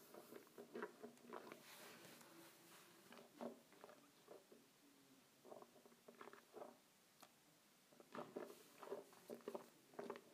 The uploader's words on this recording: ASMR Swishing Water in my Mouth.